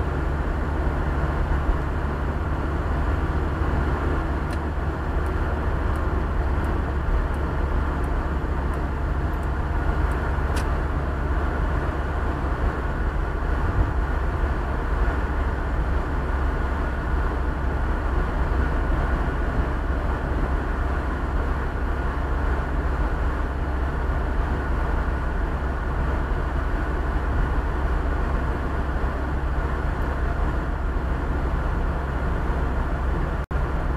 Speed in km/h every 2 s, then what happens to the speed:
70, 69, 69, 68, 68, 68, 67, 66, 65, 65, 65, 65, 65, 65, 66, 65, 65.
0-34 steady at about 66.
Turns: none.